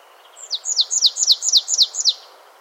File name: Poecile palustris